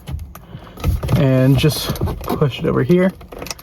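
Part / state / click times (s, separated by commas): dock mounting bracket latch onto the screen housing / not seated / none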